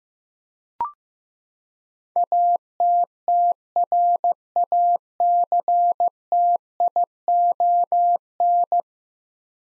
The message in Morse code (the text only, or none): ATTRACTION